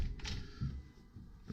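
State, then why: Not seated. An interior wooden room door in a rental house is swung shut against its frame, and its latch fails to catch in the strike plate. A brief sharp sound comes at about 0.2 s, followed by low dull thumps near 0.6 s and 1.5 s. The door closes but nothing has latched or clicked.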